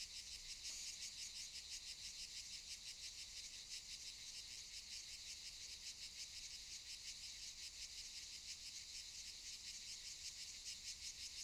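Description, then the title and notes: Cicadas buzzing in a continuous high, harsh chorus, pulsing roughly three times a second without pause. Cicadas recorded around 18:40 in the evening on Monte de Valdelatas near Universidad Autónoma de Madrid, Spain, before Madrid reached Phase 3 of COVID de-escalation. "Sonido de cigarras y chicharras. A las 18:40 de la tarde aproximadamente, en el monte de Valdelatas próximo a la Universidad Autónoma de Madrid"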